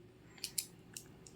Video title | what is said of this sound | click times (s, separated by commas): Illegal beyblade ! I converted metal beyblade into Beyblade X - POCKET TOON | lock ஆயிடுச்சு guys. | 0.6 s